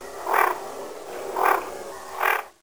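Duck quacking three times, harsh nasal quacks spaced about a second apart, over faint background hiss.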